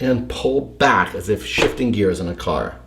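Someone talks while a filament spool holder with its runout sensor, positioned on the left side with the arrow pointing down, is hooked over the front of the aluminium frame crossmember of a Creality CR-10 SE 3D printer and pulled back like shifting gears. Nothing has seated or clicked yet.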